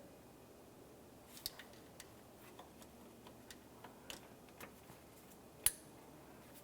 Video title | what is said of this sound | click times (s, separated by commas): How to Replace Power Steering Pressure Hose 2006-2011 Honda Civic | press it in listen for our click give it a tug to make sure that is secured | 5.7 s